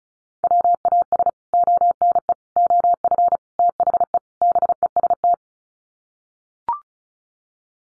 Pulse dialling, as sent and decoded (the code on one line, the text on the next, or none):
none